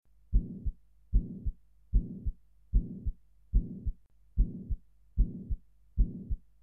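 Adult heart sounds heard through a stethoscope, with the murmur of mitral insufficiency (mitral regurgitation).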